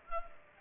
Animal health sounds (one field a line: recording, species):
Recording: mosquito wingbeat signal from an infrared sensor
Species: Culex pipiens